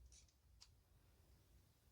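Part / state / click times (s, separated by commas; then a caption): padlock shackle into lock body / not seated / none. With the core turned to the locked position, the metal shackle of a Paclock UCS-2A padlock is handled above the lock body before being pressed down into it. Brief high metallic ticks sound near the start and one sharp tick comes at 0.6 s over a low steady hum. The shackle has not yet seated or latched into the body.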